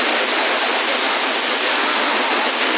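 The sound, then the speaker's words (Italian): Steady, loud CB radio static hisses without a break as channels are scanned for a quieter one, a flat band of noise with a slight rushing texture and no voices or tones cutting through. Sassari, May 2020. “Aspetta, scusate un attimino, io faccio un giro nel canale, cerchiamo un canale che c'è meno movimento”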